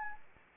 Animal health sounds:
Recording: mosquito wingbeat signal from an infrared sensor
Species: Anopheles arabiensis

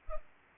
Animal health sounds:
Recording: mosquito wingbeat signal from an infrared sensor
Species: Culex pipiens

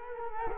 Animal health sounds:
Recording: mosquito wingbeat signal from an infrared sensor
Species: Culex quinquefasciatus

